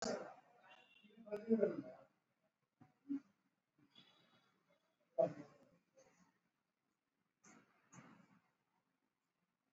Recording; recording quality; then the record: deep breathing; poor, much background noise or distortion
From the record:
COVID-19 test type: RT-PCR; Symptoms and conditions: cough, cold, fever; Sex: male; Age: 35 years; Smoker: no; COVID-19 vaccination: both doses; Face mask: worn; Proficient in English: yes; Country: India